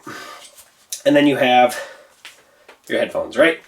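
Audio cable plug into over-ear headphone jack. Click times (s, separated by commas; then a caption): 0.9 s. The straight plug of the detachable audio cable is pushed into the earcup jack of Bose QuietComfort 25 over-ear headphones, and it seats with a sharp, short click at 0.9 s. Someone talks before and after the click.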